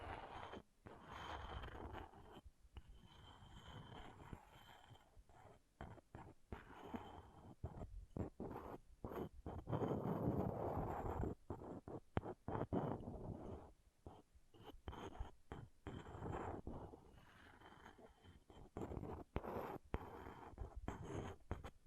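Something is being scratched, a rough, busy rasping that runs almost without pause, broken by many quick gaps and bursts. The scraping strokes come irregularly, thickest around the middle, with a thin high tone sometimes showing above the grainy noise.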